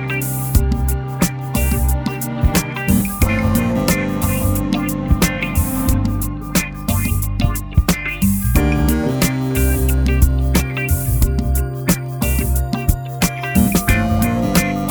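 A dense, steady piece of music with sustained low bass notes and layered held chords under a regular beat of sharp, bright hits. The arrangement shifts at around three seconds and again near eight and a half seconds, while the loudness stays fairly even throughout.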